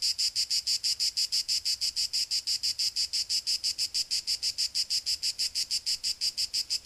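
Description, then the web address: Cicada singing a fast, even series of shrill, buzzy pulses, steady from start to finish. "Khaganat-games khanat-sounds-sources stock sound library animals cicadas euroblues cicada-2-euroblues"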